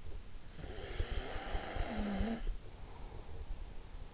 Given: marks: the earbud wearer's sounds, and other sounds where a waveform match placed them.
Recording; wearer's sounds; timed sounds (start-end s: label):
sounds in sleep by an in-ear microphone; snoring breath
0.33-3.47 s: snoring breath